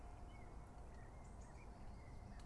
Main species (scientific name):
Cyanistes caeruleus